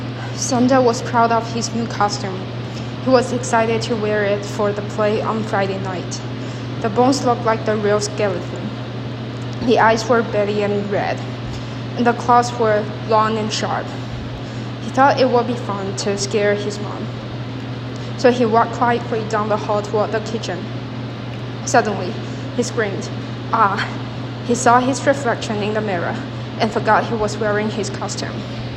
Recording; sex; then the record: reading aloud after running; female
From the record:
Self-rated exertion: moderate exertion (3 of 6); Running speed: 7 miles an hour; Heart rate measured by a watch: 141 beats a minute at the start, 138 at the end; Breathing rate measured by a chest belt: 17 breaths a minute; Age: 24 years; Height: 163 cm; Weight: 52 kg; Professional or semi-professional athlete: no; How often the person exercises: 1 to 2 times a week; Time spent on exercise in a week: under 1 hour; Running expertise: no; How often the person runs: 1 to 2 times a week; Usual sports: interval training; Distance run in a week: 5 km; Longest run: 3 km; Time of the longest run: 30 minutes